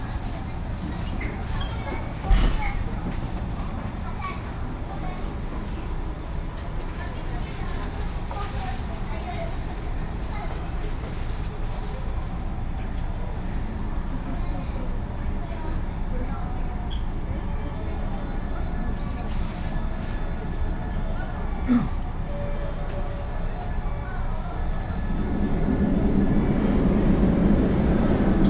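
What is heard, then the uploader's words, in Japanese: A ride on an Osaka Loop Line train, with a steady low rumble under murmuring voices throughout. A sharp knock sounds near the start and a brief bright squeak around twenty-two seconds. Near the end the rumble swells louder with a wavering motor whine. 耳で楽しむ鉄道旅 ＪＲ難波→新今宮→京橋→鴫野。大阪環状線の内回り電車に乗り換えて京橋に向かいます。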